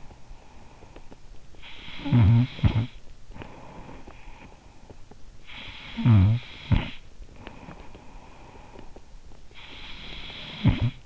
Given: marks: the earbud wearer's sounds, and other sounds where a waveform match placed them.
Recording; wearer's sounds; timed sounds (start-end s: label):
sounds in sleep by an in-ear microphone; snoring breath
0.00-11.06 s: snoring breath